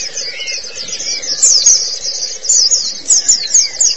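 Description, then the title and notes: White-eye song: bright, very high twittering phrases of quick slurred notes, growing louder in pulses toward the end, with a soft hum beneath. Pleci (white-eye) chirping song. "Suara kicauan burung pleci"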